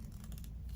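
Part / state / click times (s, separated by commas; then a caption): mascara cap onto mascara tube / seated / 0.3 s, 0.4 s. A matte plastic cap is screwed back onto a Huda Beauty One Coat Wow mascara tube, with soft scraping and rubbing sounds as it turns. Small clicks at 0.3, 0.4 and 0.4 seconds mark the cap locking shut in place.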